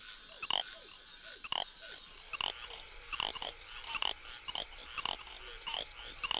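Little grass frog calls: repeated short, high, insect-like chirps, often in pairs or small clusters.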